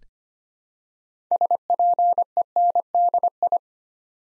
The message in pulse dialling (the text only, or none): none